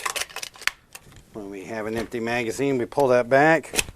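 With an empty magazine inserted in a Hi-Point 995 TS 9mm carbine, the steel bolt/charging handle is pulled back to catch on the magazine's follower and lock open. A quick series of sharp clicks and clacks fills the first second, then someone talks. Nothing has seated or locked yet when the clip ends.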